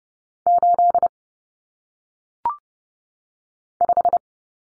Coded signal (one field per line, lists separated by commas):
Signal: Morse code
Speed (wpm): 30 wpm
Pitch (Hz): 700 Hz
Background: none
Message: 8 5